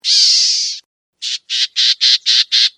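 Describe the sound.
Gnatcatcher giving buzzy, nasal calls: one long harsh buzz, a short pause, then six brief wheezy notes in a quick, even series.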